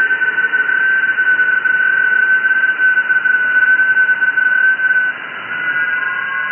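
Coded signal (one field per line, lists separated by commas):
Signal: FT8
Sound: radio hiss with one steady narrow tone near 1.5 kHz and faint fainter tones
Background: radio static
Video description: Receiving and decoding FT8 QSOs over 20-meter band (14,074 KHz), with the new SDRplay RSPdx software defined radio (SDR) at Mexico City.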